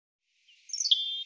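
European robin song fragment, a brief high slurred flourish ending in a sustained thin whistled note, heard in isolation.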